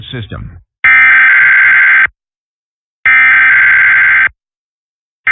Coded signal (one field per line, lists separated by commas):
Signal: Emergency Alert System (SAME) tones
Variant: header bursts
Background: speech